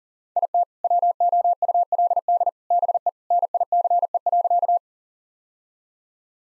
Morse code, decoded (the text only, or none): IT WOULD BE NICE.